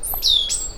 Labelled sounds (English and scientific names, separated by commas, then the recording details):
Stitchbird (Notiomystis cincta) song
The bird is a male
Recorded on Tiritiri Matangi Island, New Zealand, in 2005
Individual 10, of nest box 12